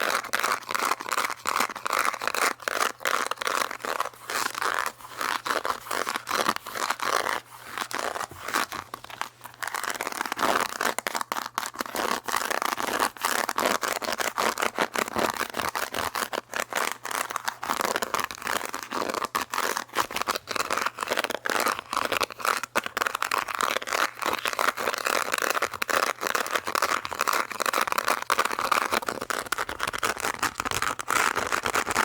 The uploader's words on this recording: ASMR Fast and Verrry Aggressive Scratching.